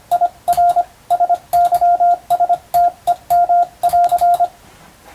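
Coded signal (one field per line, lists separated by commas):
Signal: Morse code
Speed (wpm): 25 wpm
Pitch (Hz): 700 Hz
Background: radio noise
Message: IR SYSTEM<AR>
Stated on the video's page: Hand-keyed Morse on a telegraph key, sent as receiving practice for the Japanese radiotelegraph operator exam, using a European-language telegram practice book.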